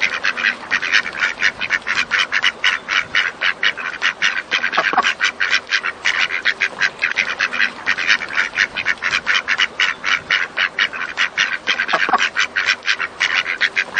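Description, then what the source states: Ducks quacking in a dense, steady chorus of rapid harsh calls running without pause. Ducks on a lake.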